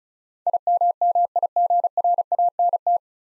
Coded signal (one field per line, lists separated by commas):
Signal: Morse code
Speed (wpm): 34 wpm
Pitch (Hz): 700 Hz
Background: none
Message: IMMIGRANT